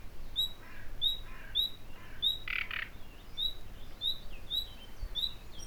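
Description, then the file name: Common nightingale uttering clear upslurred whistles in a steady series, with a brief scratchy double rasp in the middle and faint background hiss. "Luscinia megarhynchos"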